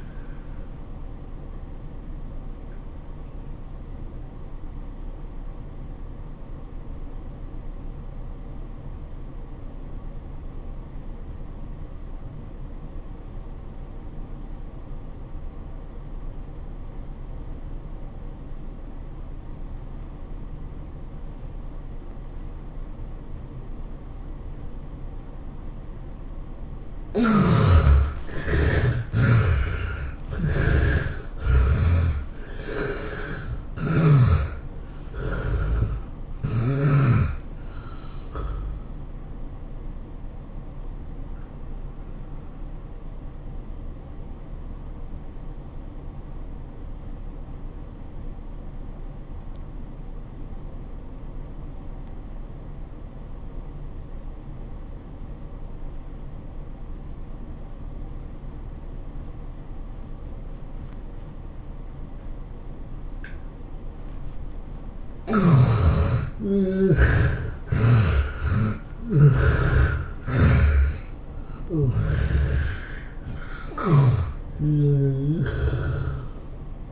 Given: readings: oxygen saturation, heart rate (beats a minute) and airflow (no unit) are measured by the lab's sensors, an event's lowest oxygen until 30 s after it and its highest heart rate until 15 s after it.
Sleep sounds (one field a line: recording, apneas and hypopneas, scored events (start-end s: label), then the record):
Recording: breathing in sleep by a smartphone at the bedside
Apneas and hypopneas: 2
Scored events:
3.00-26.70 s: obstructive apnea (N1, oxygen 89% highest, then 69% lowest, heart rate 92 at the start, 109 highest)
49.00-66.20 s: obstructive apnea (N1, oxygen 95% highest, then 70% lowest, heart rate 98 at the start, 108 highest)
From the record:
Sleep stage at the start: N1 (lightest sleep)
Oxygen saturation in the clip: 69 to 95%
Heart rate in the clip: 78 to 109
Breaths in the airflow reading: 11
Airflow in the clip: -13.1 to 16.9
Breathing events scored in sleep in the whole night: 403 in 5.5 hours asleep